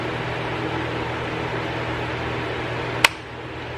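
A plastic push pin is pressed into the lower part of the color-matched surround on a Jeep Gladiator's black grille. A steady, hum-like background noise runs throughout until one sharp click at 3.0 s, after which the noise drops a little. The push pin clicks in and is seated.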